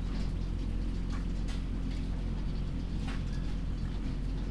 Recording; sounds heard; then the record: poultry house recording; sick chickens (respiratory disease)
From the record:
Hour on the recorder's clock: 2